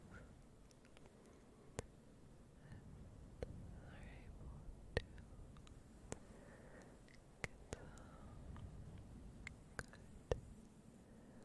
Very slow and soft fluffy sounds with a bit of whispering, tongue clicking and more